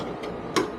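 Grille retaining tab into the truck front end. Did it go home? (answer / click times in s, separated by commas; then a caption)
yes / 0.6 s. A tab on the plastic American Modified armor grille of a 2017 Ford Super Duty is pushed into the truck's front end so the grille locks in place. Against a steady low background, a faint tick at about 0.2 s is followed by a single sharp click at 0.6 s, and the grille tab is seated.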